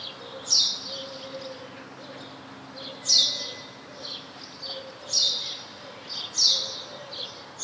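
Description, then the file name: House sparrow chirps: several harsh, bright high notes repeated at irregular intervals over a steady background hum. "Passer domesticus"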